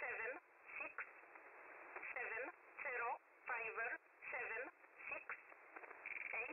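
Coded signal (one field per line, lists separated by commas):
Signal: numbers station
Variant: E11, English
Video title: Spy Numbers, E11, 7850 Khz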